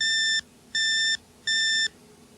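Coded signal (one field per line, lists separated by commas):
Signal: beep code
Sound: three identical steady electronic beeps, each about 0.4 seconds, evenly spaced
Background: low hum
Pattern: 3 short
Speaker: when you see this symbol appear on the lower right hand corner of your television screen and hear these three beeps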